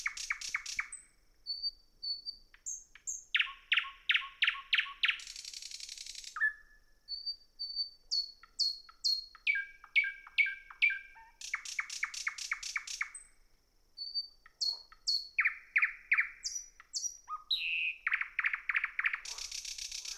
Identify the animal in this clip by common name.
Thrush Nightingale